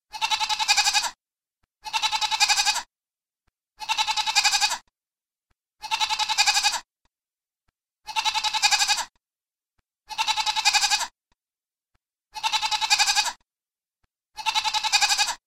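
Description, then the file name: Goat bleating, eight bleats each about a second long, separated by short silences. "koza"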